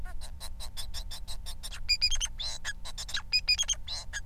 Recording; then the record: song of a male Bengalese finch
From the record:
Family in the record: son of father 4